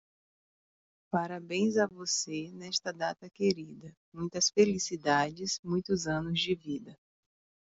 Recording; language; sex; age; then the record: short text; Brazilian Portuguese; female; 30 to 39 years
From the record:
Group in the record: control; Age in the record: 35 years